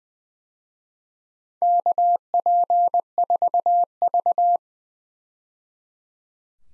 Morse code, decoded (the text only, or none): KP4V